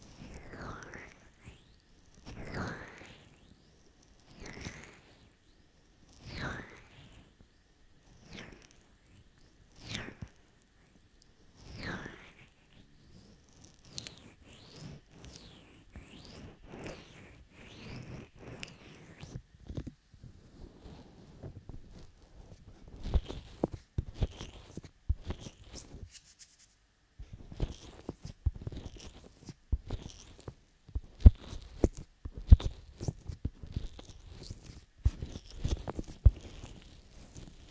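Ear massage and cupping sounds: soft, regular swooshing strokes roughly every two seconds for the first twenty seconds, each a brief rubbing sweep. Later the handling turns denser and more irregular, with crackly, squelchy lotion rubbing and sharper taps, briefly pausing around twenty-six seconds.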